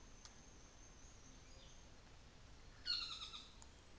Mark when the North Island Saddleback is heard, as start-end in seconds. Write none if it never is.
2.76-3.63